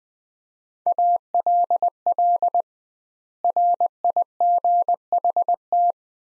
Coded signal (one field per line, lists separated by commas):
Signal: Morse code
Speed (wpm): 20 wpm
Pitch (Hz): 700 Hz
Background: none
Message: ALL RIGHT